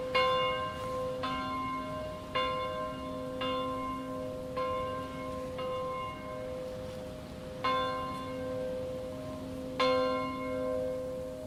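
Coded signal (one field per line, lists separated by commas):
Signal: bell signal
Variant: swinging church bell (distesa)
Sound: church bell swinging and ringing steadily, about ten strikes in eleven seconds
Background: outdoor ambience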